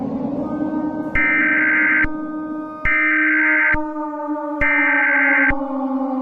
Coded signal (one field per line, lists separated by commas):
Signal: Emergency Alert System (SAME) tones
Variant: header bursts